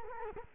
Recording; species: mosquito wingbeat signal from an infrared sensor; Culex quinquefasciatus